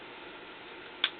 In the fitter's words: Right there. Now it's clicked in. You cannot remove it again.